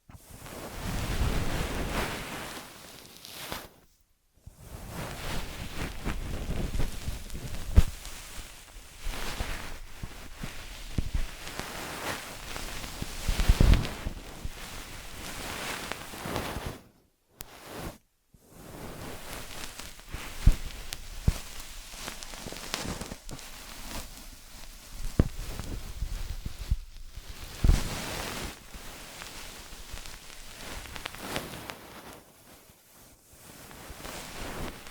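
Ear massage and cleaning sounds: dense, rustling friction that swells and fades in long sweeps, with soft scratchy detail and occasional light taps. The rubbing stops briefly around 4, 17 and 32 seconds, leaving near silence before resuming.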